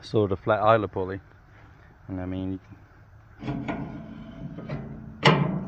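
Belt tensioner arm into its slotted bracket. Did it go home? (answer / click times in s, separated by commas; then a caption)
yes / 5.3 s. A belt tensioner arm salvaged from the bottom of a riding lawnmower, fitted with a flat idler pulley, is moved into its cut slot in a bracket while someone talks. It snaps into its locked position with one sharp hit at 5.3 s and is seated.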